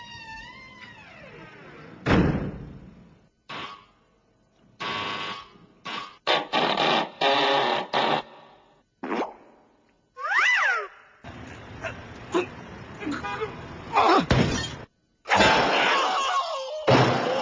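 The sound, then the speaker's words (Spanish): A swinging door bangs and crashes repeatedly in loud, irregular bursts of thuds and clatter, with brief cat-like yowls rising between the impacts. “Puedes salir por aquí si quieres, por la puerta, la puerta abatible, ¿eh?”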